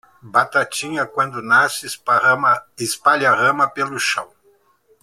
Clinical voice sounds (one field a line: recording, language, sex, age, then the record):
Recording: short text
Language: Brazilian Portuguese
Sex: male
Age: 70 to 79 years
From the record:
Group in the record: control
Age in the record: 74 years